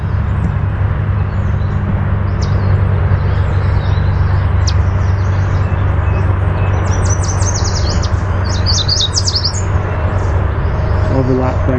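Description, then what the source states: Yellow warbler song, a quick run of high, sweet, slurred notes late after a few scattered chips, with constant low rumbling noise underneath. Chip and song.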